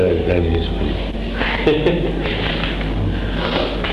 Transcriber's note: laughter